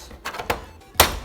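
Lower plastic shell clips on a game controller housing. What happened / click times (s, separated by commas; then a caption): Lower case clips pop open / 1.0 s. The bottom edge of the plastic shell of an Xbox One controller that won't sync is pried open to release its lower case clips. A few soft clicks and snaps at about 0.3 s and 0.5 s lead to a sharp, loud pop at 1.0 s as the clips release and the shell lifts, followed by a faint tick near 1.2 s.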